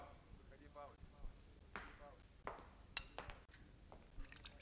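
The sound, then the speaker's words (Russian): Vodka is poured into a glass, with a soft liquid trickle broken by small clinks and knocks of glassware, while faint muffled voices murmur underneath. “Вот, водка. Ага, разлей.”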